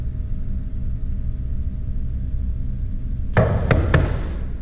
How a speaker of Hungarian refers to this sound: Ez a kopogás, ez a legerősebb pillanat, ami ennek akkor megtörténik.